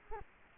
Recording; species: mosquito wingbeat signal from an infrared sensor; Culex quinquefasciatus